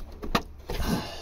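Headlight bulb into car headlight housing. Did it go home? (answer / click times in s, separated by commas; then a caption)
yes / 0.4 s. A headlight bulb for a Toyota Corolla Fielder Hybrid, lined up by its tab and three pins, is pushed up into the plastic car headlight housing. A sharp click at 0.4 s marks it seating into place, followed by a longer rustling, grinding handling noise from about 0.7 s. The bulb is seated.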